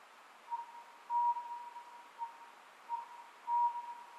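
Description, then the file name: Oriental scops owl song, a few soft whistled notes at one pitch, spaced irregularly over quiet background noise. Recorded 27 May 2010 at 23:35. "konohazuku-20100527-2335"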